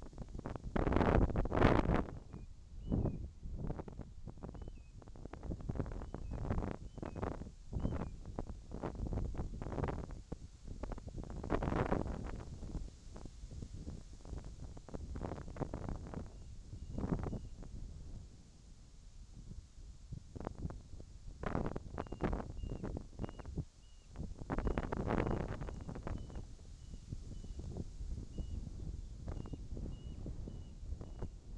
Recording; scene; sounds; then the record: everyday scene through a hearing-aid microphone; wind on the microphone; wind, whistling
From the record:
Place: in front of a rural house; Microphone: in the ear canal, left